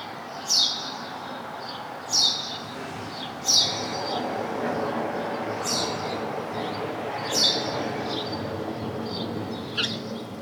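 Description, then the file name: House sparrow calls, sharp high chirps given singly every one to two seconds, six in all, over steady background noise. "Passer domesticus"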